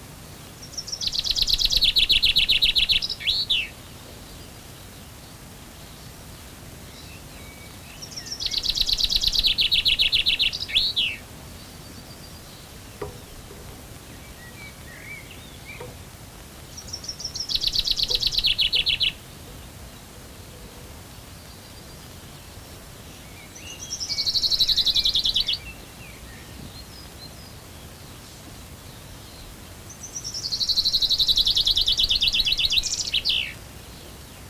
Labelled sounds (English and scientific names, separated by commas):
Common Chaffinch (Fringilla coelebs) song